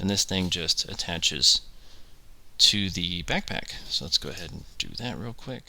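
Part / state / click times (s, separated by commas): plastic attachment piece onto an action figure's backpack / not seated / none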